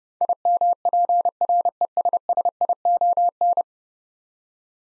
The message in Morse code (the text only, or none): IMPRESSION